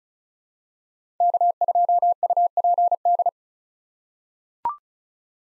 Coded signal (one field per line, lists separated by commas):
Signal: Morse code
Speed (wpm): 34 wpm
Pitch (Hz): 700 Hz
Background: none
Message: K2UPD